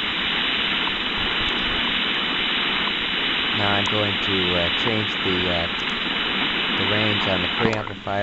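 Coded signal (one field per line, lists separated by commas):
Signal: radio time signal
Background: speech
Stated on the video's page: HF time signals near 3.9 and 10 MHz, received on an RTL-SDR with a simple HF upconverter and HDSDR.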